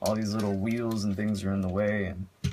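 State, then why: Not seated. A plastic combiner peg is being worked into a transforming toy figure's combiner port, past small wheels that are in the way. Someone talks throughout, and a short sharp sound occurs at about 2.5 s near the end. Nothing has seated or clicked yet.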